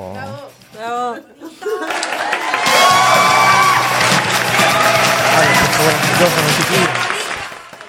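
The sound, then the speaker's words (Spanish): Audience applause swells after a brief spoken line as two guests are introduced on a program, a dense, steady wash of clapping mixed with scattered cheers and whoops that holds loud for several seconds before easing slightly at the end. “Un aplauso.”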